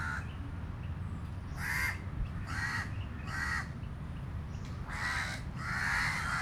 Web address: travelogue 2018 South India street recordings birds. crows